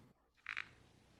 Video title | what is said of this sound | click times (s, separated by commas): 100 Mecanismos Mais Inusitados de Facas Dobráveis | Pronto. Geralmente faz um clique quando encaixa. | 0.5 s, 0.6 s